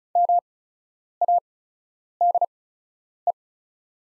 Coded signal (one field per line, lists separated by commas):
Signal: Morse code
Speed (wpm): 34 wpm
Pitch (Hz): 700 Hz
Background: none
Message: MADE